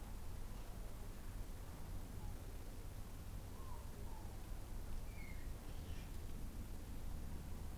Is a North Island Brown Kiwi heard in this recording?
no